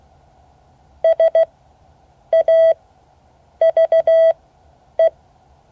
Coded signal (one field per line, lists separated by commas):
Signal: Morse code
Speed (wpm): 16 wpm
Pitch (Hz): 650 Hz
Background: none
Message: SAVE